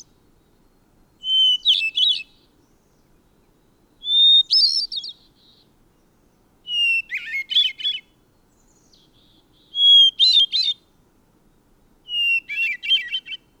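Bird song: repeated phrases of a sweet whistled note and a fast jingling trill, five phrases spaced evenly with quiet gaps.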